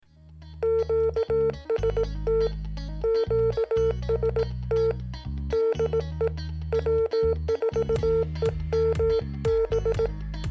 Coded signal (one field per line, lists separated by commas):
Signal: Morse code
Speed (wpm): 18 wpm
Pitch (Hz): 450 Hz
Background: music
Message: QST QST DE W4EMB